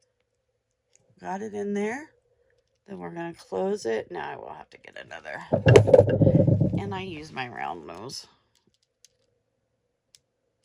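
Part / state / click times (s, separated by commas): metal jump ring closing on an earring component / seated / 9.0 s, 10.2 s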